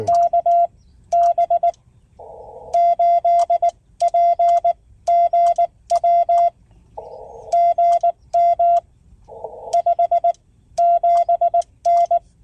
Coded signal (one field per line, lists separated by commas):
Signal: Morse code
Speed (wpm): 19 wpm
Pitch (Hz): 690 Hz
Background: none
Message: KB8PGW GM 57N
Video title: POTA Activation, US-4954 Russell-Shea State Forest